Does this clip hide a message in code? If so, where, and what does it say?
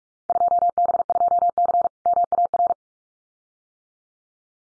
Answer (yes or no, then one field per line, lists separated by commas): yes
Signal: Morse code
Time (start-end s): 0.3-2.7 s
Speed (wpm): 44 wpm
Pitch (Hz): 700 Hz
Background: none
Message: 2B2C MAR